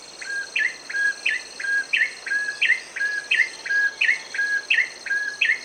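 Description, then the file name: Ashy tailorbird song: a loud two-part note, low then sharply rising, repeated steadily in a fast series over a constant high insect drone. "cinenen merah david edwards"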